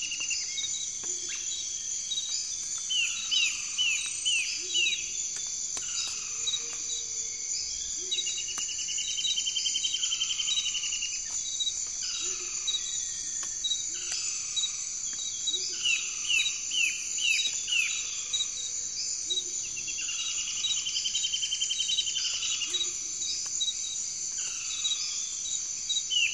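A tropical forest by day, with a dense, steady shrill of insects and repeated descending bird calls every few seconds over a low murmur.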